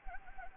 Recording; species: mosquito wingbeat signal from an infrared sensor; Anopheles gambiae